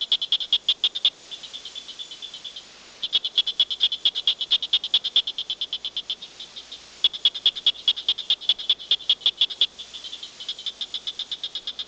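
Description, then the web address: Tree frog giving rapid series of high, clicky pulses in long runs, broken by a few pauses. "frogs Family Hylidae"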